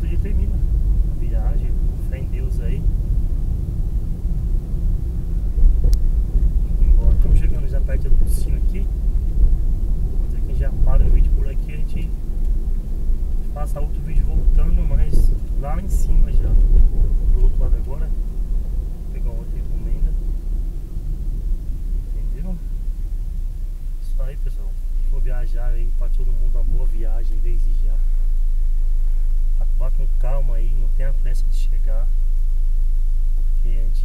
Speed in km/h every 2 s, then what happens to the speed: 39, 40, 40, 40, 42, 43, 43, 42, 42, 39, 29, 15, 4, 0, 0, 0, 0.
0-17 steady at about 42. 17-25 brakes to 0. 25-34 standing.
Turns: none.